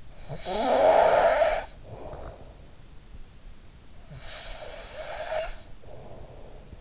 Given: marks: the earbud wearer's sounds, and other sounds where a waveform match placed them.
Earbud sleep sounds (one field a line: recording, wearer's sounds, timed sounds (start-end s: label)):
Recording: sounds in sleep by an in-ear microphone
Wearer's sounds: snoring breath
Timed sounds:
0.00-2.97 s: snoring breath
3.66-6.74 s: snoring breath